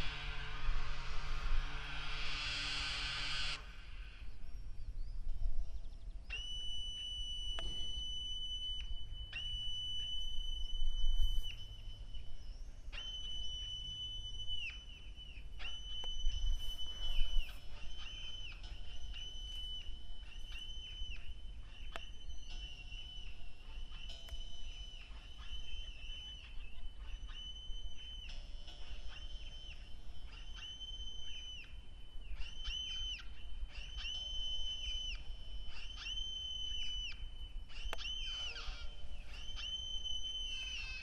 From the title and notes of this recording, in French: Parcours sonore. Une promenade sonore dans la Saline Royale d'arc et Senans, entre installation et performances. Ambiances, traces, déambulations, passages, résonance architecturale.